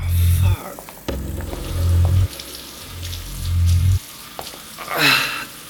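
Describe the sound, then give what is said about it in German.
Running cold tap water in a toilet splashes in bursts, broken by short pauses, with a low droning hum underneath and a brief hiss near the end as hands rinse a face. “Schnell nahm ich eine Kopfschmerztablette zu mir und spülte mein Gesicht mit kaltem Wasser.”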